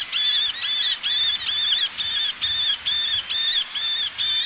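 Eleonora's falcon uttering a rapid, even series of harsh, ringing nasal notes, several in a few seconds.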